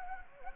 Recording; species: mosquito wingbeat signal from an infrared sensor; Anopheles gambiae